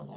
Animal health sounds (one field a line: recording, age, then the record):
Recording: pig call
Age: piglet (1 to 25 days)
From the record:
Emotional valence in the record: negative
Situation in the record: long isolation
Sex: male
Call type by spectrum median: low-frequency call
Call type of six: low-frequency tonal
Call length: 0.17 s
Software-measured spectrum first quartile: 174 Hz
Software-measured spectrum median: 340 Hz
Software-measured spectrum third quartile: 713 Hz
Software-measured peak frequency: 193 Hz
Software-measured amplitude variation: 88 dB a second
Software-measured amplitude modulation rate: 21.2 a second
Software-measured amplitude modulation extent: 4.2 dB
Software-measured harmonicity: 2.2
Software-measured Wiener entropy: -0.23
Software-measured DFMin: 905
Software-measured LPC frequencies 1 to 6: 2920, 3523, 4558, 5389, 6289, 7528 Hz